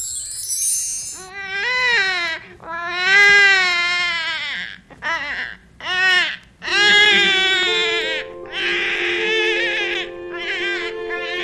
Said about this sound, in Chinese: 在甘肃省玉门县赤金堡王家，传来了婴儿的哭声。